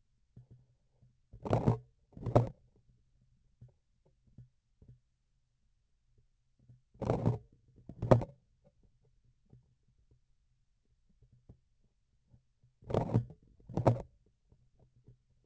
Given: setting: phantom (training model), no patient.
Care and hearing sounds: laparoscopic instrument, vibration sensor on the handle end; grasping forceps; opening and closing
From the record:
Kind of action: tool actuation without material contact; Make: other than Olympus

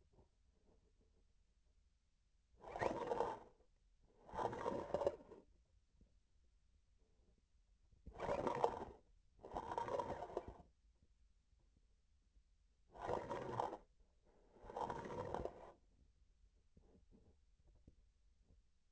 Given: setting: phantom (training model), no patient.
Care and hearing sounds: laparoscopic instrument, vibration sensor on the handle end; grasping forceps; approaching and retracting movements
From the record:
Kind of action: spatial motion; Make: other than Olympus

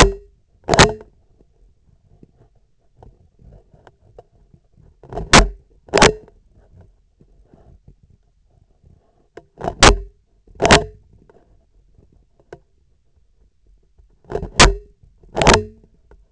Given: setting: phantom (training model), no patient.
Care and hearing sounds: laparoscopic instrument, vibration sensor on the handle end; scissors; opening and closing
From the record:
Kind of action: tool actuation without material contact

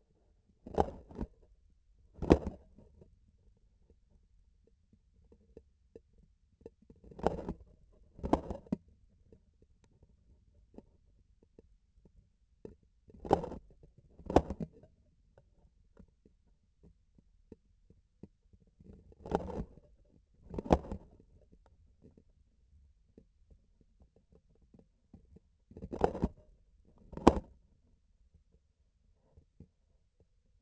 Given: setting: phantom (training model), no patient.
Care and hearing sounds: laparoscopic instrument, vibration sensor on the handle end; grasping forceps; opening and closing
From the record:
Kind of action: tool actuation without material contact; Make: other than Olympus

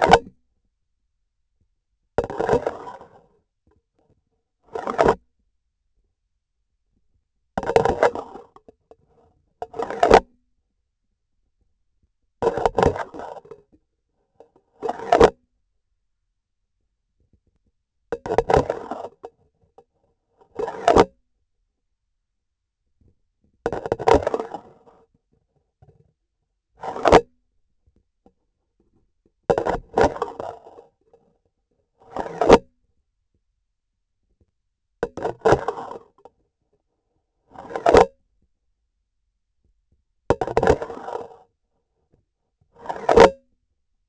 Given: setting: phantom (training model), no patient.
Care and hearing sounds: laparoscopic instrument, vibration sensor on the handle end; grasping forceps; insertion and removal through the trocar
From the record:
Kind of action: spatial motion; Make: Olympus

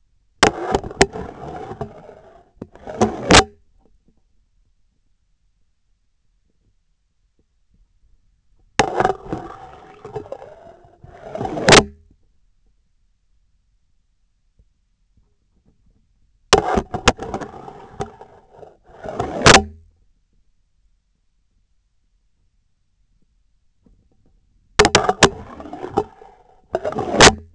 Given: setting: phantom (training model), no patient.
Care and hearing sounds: laparoscopic instrument, vibration sensor on the handle end; scissors; insertion and removal through the trocar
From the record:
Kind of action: spatial motion

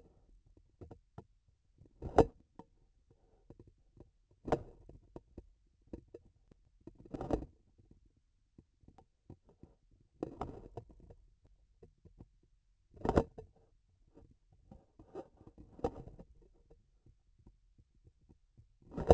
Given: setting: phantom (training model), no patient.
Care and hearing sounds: laparoscopic instrument, vibration sensor on the handle end; grasping forceps; opening and closing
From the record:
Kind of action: tool actuation without material contact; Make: Olympus

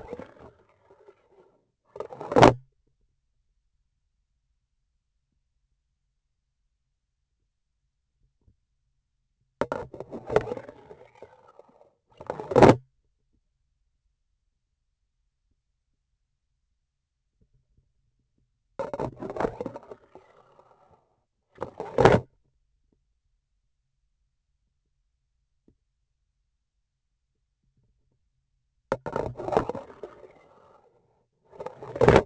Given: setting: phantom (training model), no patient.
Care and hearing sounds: laparoscopic instrument, vibration sensor on the handle end; grasping forceps; insertion and removal through the trocar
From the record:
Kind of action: spatial motion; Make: other than Olympus

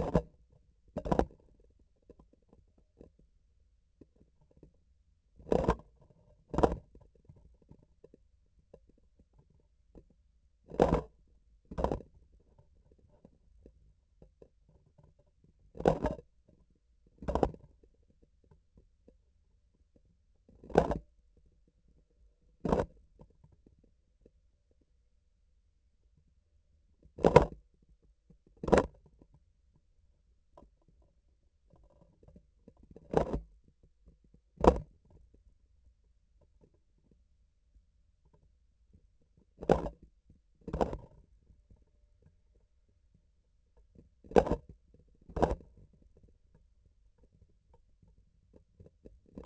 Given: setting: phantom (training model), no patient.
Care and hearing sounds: laparoscopic instrument, vibration sensor on the handle end; grasping forceps; opening and closing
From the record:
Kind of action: tool actuation without material contact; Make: other than Olympus

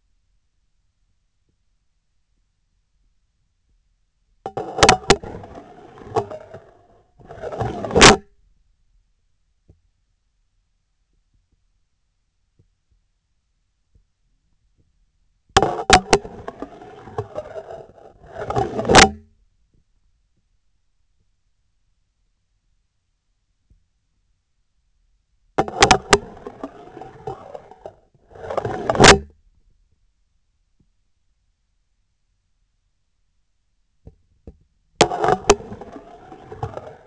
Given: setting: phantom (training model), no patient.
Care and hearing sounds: laparoscopic instrument, vibration sensor on the handle end; scissors; insertion and removal through the trocar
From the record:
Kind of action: spatial motion

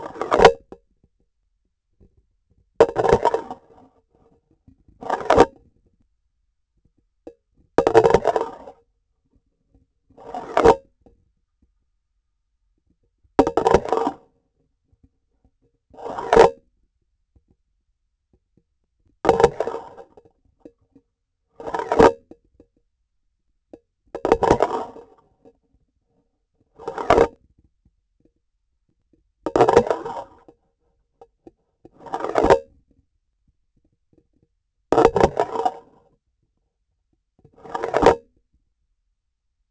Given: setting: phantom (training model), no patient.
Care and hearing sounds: laparoscopic instrument, vibration sensor on the handle end; grasping forceps; insertion and removal through the trocar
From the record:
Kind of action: spatial motion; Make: Olympus

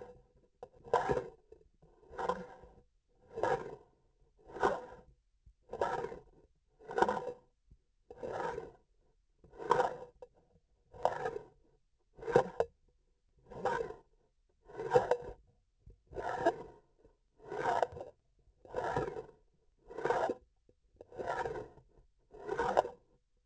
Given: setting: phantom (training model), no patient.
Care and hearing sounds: laparoscopic instrument, vibration sensor on the handle end; grasping forceps; approaching and retracting movements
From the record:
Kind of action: spatial motion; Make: Olympus

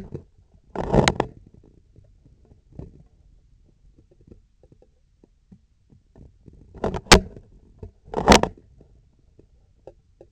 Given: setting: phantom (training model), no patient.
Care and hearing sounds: laparoscopic instrument, vibration sensor on the handle end; scissors; opening and closing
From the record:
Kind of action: tool actuation without material contact

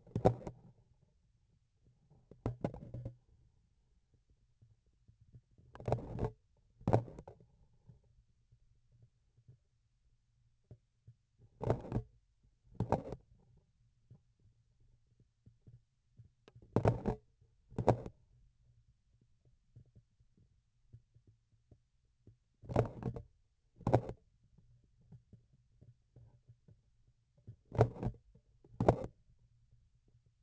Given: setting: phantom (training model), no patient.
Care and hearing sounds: laparoscopic instrument, vibration sensor on the handle end; grasping forceps; opening and closing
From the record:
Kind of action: tool actuation without material contact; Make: other than Olympus

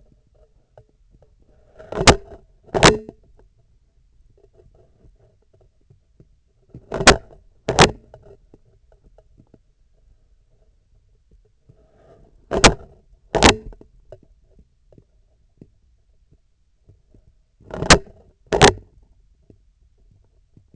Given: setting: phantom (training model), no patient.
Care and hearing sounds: laparoscopic instrument, vibration sensor on the handle end; scissors; opening and closing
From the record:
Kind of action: tool actuation without material contact

